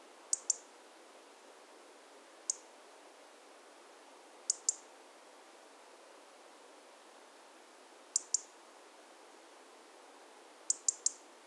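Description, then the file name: European robin tick calls: sharp, very high clicks, singly, in pairs or in a triplet, a few seconds apart, over a quiet, steady background hiss. "Erithacus rubecula"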